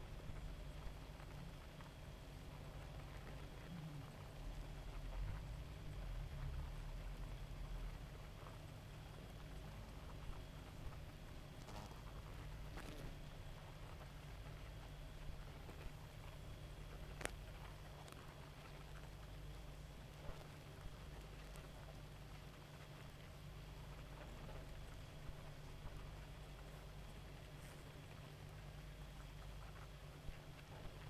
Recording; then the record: honeybee colony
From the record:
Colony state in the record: active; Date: 28 July 2017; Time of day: 2:02